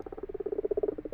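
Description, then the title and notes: Common frog making a brief, fast-pulsed low purring rattle, the pulses ticking evenly through the whole short burst. Common frogs purring in daytime, around 12:00–12:45 on 21 February 2020, in an abandoned water-filled wash house in a field at Fourcinet, Drôme, France; binaural recording on a Nagra LB. "Fourcinet - Drôme. les Grenouilles rousses (Rana temporia)"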